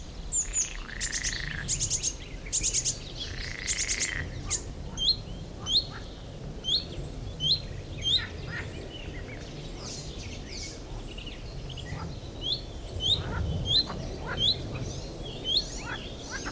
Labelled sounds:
Marsh Warbler

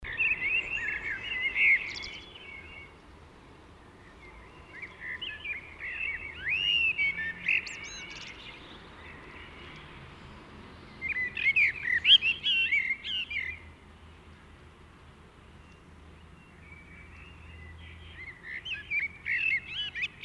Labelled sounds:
Common Blackbird song

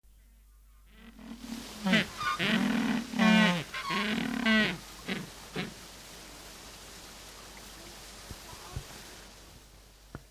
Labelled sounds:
Humboldt Penguin call

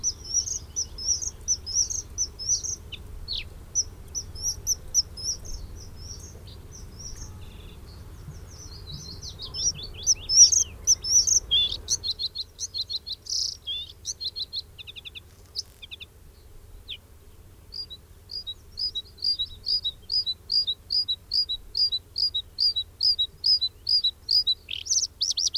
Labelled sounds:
Bluethroat song

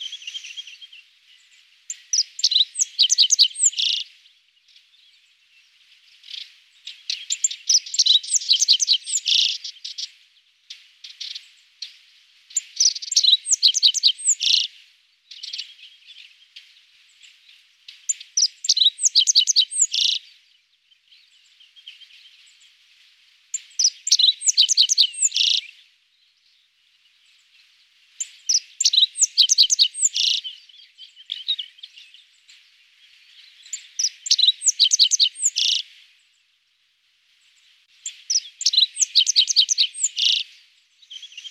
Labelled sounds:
Rock Bunting song

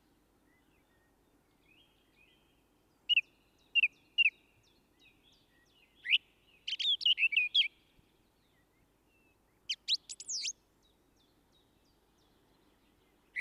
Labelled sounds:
Song Thrush song

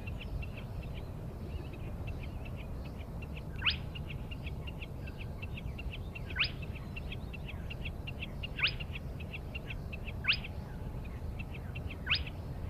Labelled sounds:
Spotted Crake

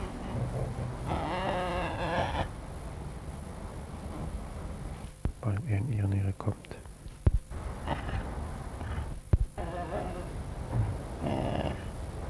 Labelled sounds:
Eurasian Lynx

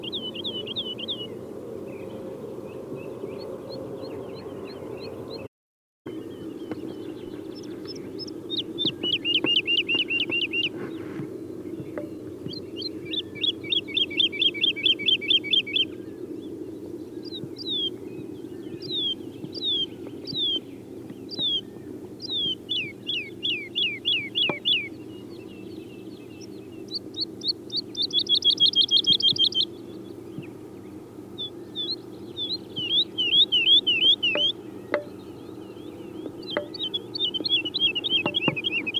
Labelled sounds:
Wood Lark song

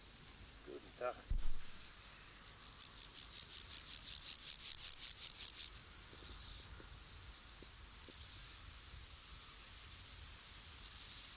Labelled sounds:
Steppe Grasshopper stridulation

